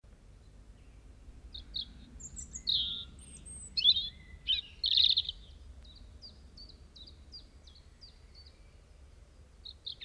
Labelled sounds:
European Robin song

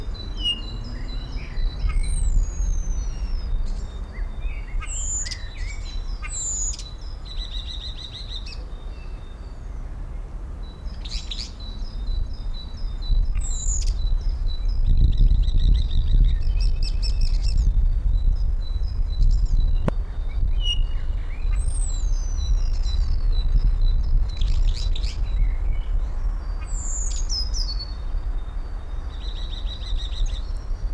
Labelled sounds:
European Starling

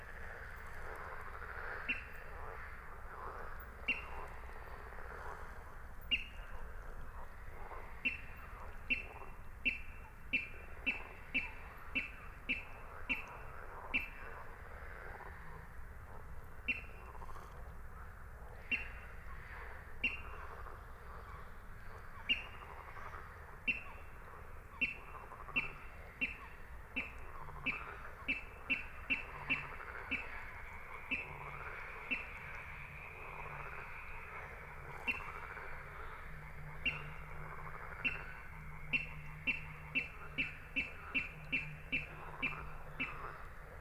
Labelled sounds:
Water Rail

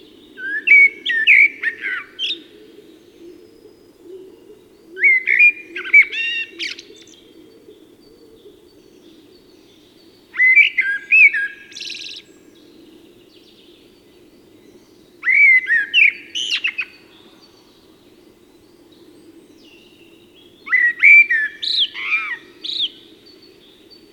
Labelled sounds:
Common Blackbird song

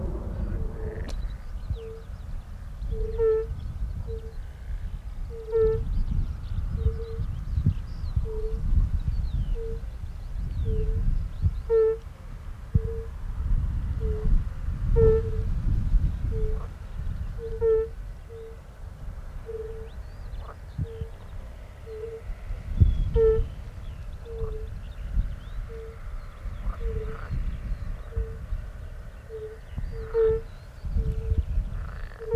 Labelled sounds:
Fire-Bellied Toad call

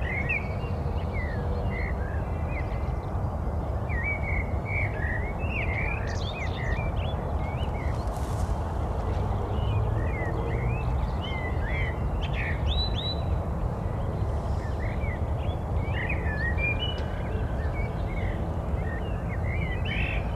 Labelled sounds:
Common Blackbird song

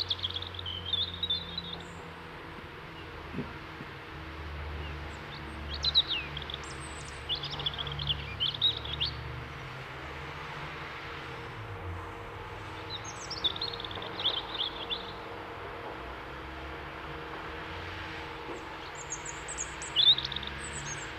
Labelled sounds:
European Robin song

